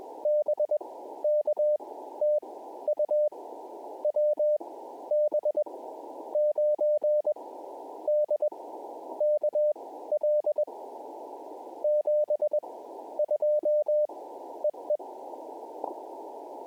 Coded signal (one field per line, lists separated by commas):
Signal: Morse code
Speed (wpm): 21 wpm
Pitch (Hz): 600 Hz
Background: none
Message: BK TU WB9DKL 72 EE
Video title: Elmodel WMA Activation Jan 1, 2025 #hamradio #cw #pota #parksontheair #qrp #morsecode #potababe